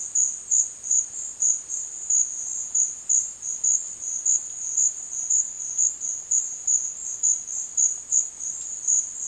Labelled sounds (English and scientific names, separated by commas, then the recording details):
none
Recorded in secondary vegetation near Puerto Asís, Putumayo, Colombia, on 22 June 2025 at 13:30
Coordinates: 0.499, -76.323
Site G077